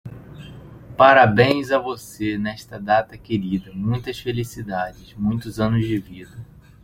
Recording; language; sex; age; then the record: short text; Brazilian Portuguese; male; 30 to 39 years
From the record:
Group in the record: control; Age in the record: 30 years